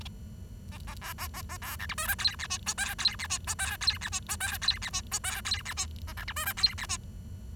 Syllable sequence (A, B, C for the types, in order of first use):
A A B A A A B C D E F G H I J K G H I J K G H I J K G H I J K G H I A C D E F G H I